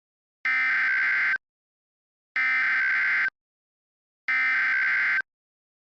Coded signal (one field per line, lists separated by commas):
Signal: Emergency Alert System (SAME) tones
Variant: header bursts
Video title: EAS Scenario - Sanrio Invasion (REUPLOAD)